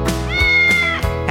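Cat giving one long, level meow that falls slightly at the end, with steady music underneath.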